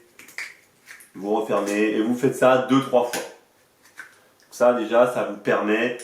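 A metal needle-pin quick-release latch on a kitesurf harness is reconnected and closed. It gives a sharp snap at 0.4 s as it seats. Someone then talks, with the reason being to repeat the closing two or three times and check that the system engages properly.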